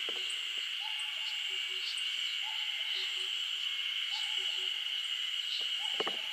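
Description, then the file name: Common cuckoo calling a low two-note cuckoo, repeated about every one and a half seconds, half buried under a steady high insect-like hiss. Recorded 16 June 2017 at 09:16. "170616 0916 kakkou"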